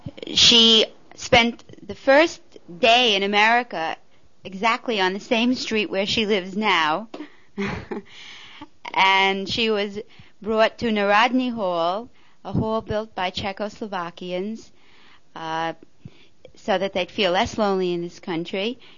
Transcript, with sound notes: She spent the first day in America exactly on the same street where she lives now, (she laughs) and she was brought to New Rodney Hall, a hall built by Czechoslovakians so that they would feel less lonely in this country.